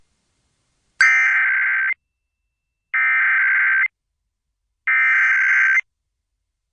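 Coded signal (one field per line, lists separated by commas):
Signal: Emergency Alert System (SAME) tones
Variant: header bursts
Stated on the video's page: Hawaii required monthly test caught on a public radio station in Honolulu.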